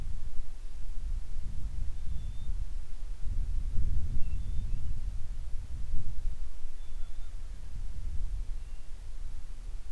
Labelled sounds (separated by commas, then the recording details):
bird, wind
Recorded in the Prudhoe Bay oil fields, Alaska, on 25 July 2019 at 02:34
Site 11